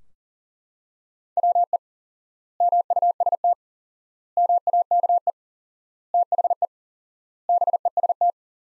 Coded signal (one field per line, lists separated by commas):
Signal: Morse code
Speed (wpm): 40 wpm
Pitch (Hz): 700 Hz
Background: none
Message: WE MUST MAKE THE BEST